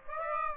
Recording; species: mosquito wingbeat signal from an infrared sensor; Aedes aegypti